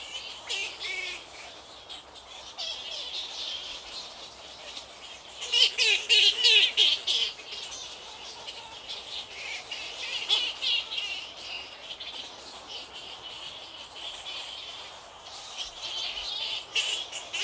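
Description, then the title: Bats giving a constant squeaky, chattering din, with a louder burst of shrill rapid calls around the middle, then settling back to steady chatter. Many bats on Île Napoléon in Lake Kivu, Rwanda. "Ile Napoléon, lac Kivu, Rwanda - bats bats bats"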